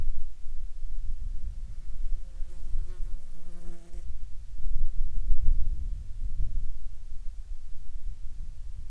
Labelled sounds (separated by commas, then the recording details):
wind, insects
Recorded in Ivvavik National Park, Yukon, on 27 June 2019 at 21:37
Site SINP03